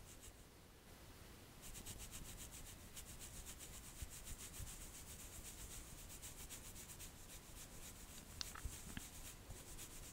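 A spa facial and scalp massage gives steady, dense rubbing and brushing with quick rhythmic strokes and a few brief taps near the end.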